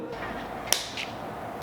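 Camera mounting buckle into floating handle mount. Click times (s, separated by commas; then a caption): 0.7 s. A GoPro 9 camera's plastic mounting buckle, with its rubber plug folded back, is slid all the way into a floating handle mount. A sharp, bright click sounds at 0.7 s over quiet background noise. The buckle is fully seated in the mount.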